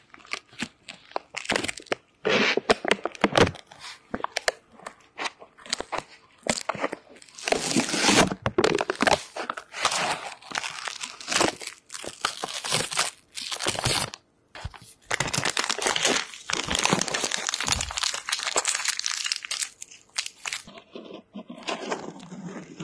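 Ear cleaning with no voice: bursts of scratchy rustling and crinkling come in quick, irregular clusters, separated by brief silent gaps. The scraping is bright and dense, strongest in the middle stretch, and it thins to softer, fainter scratches in the last few seconds.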